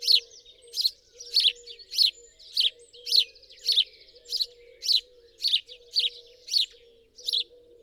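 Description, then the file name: House sparrow calls: emphatic single chirps repeated at a fairly even pace, nearly two per second, above a low steady wavering tone. "Passer domesticus"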